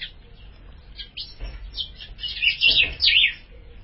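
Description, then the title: Ultramarine grosbeak song building from thin high notes into a loud, quick run of slurred, warbling whistles near the end. "Azulao"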